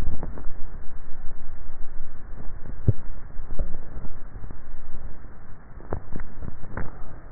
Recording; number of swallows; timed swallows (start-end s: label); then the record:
swallowing sounds by neck microphone; 1
2.68-3.42 s: swallow
From the record:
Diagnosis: dysphagia